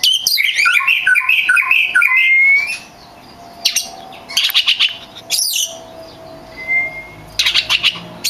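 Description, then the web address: Oriental magpie-robin song opening with a fast warbled run ending in a clean rising whistle, then scattered harsh bursts and another pure whistle after a pause. Champion (juara) song, used as masteran tutor song. "kacer juara. masteran kacer"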